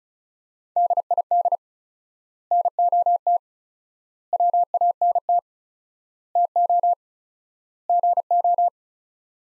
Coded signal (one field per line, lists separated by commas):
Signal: Morse code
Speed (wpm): 34 wpm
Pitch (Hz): 700 Hz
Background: none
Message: DID NOT WANT TO GO